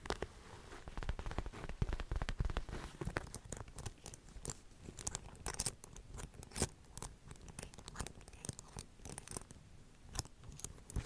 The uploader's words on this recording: ASMR Black Triggers For Sleep (tapping & scratching).